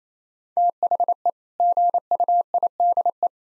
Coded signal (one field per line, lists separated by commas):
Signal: Morse code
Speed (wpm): 28 wpm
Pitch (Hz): 700 Hz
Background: none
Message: THE GUIDE